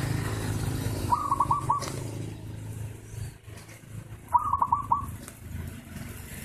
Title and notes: Kupulan Burung Perkutut. burung perkutut yang bisa digunakan untuk memaster